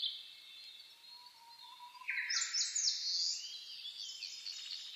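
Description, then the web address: Birds singing at dawn: a faint low whistle, then loud buzzy trilled phrases and high chattering notes. Dawn chorus (reimei) recorded 10 May 2010. "reimei -saezuri-20100510-0401"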